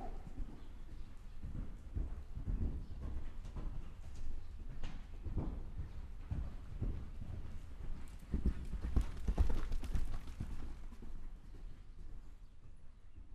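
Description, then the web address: Horse hooves clopping in an uneven rhythm, with low thuds throughout. Several horses, holophonic. "olofonic cavalli"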